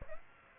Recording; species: mosquito wingbeat signal from an infrared sensor; Aedes aegypti